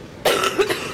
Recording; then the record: coughing mixed with background sound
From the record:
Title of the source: 34 coughing up crap again